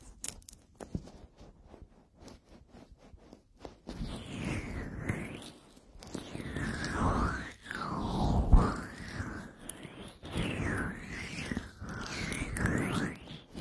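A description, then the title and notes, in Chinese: Oily hands rub over both ears. The first four seconds are quiet apart from sparse small clicks and wet taps, then dense slick rubbing sets in with sweeping, swooshing strokes and brief pauses around 6, 8, 10 and 12 seconds. 精油揉搓双耳。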